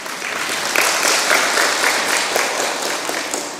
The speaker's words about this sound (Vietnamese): Rất là giỏi, xin cho một tràng pháo tay ạ.